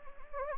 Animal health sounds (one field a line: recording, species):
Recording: mosquito wingbeat signal from an infrared sensor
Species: Anopheles gambiae